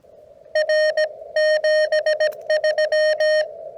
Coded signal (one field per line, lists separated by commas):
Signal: Morse code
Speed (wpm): 18 wpm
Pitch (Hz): 620 Hz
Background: none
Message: R 73